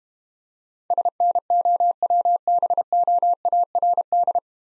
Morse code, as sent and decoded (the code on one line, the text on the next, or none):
... -. --- .-- -... --- .- .-. -..
SNOWBOARD